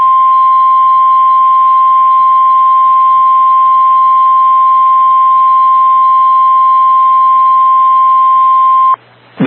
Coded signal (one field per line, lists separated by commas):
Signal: Emergency Alert System (SAME) tones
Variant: 1050 Hz attention tone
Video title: PDS Severe Thunderstorm Watch for South Dakota EAS #77 7/25/26